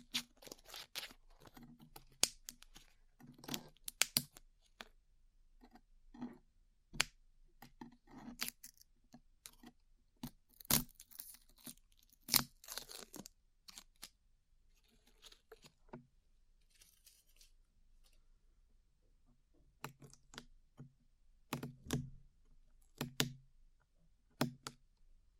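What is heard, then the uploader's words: Glue being peeled off the ears: a run of short, crisp tearing and crackling sounds, bunched in quick bursts with brief quiet gaps. A dull low thump sits under many of them, and the activity thins out around the middle before picking up again. ASMR Peeling Glue Off Your Ears (No Talking).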